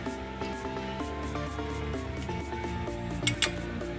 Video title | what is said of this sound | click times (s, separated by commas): Winter Garage Day | Until it snaps in place, just like that, and then do the same to the other side. | 3.3 s, 3.4 s